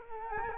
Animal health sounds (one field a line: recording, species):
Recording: mosquito wingbeat signal from an infrared sensor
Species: Culex quinquefasciatus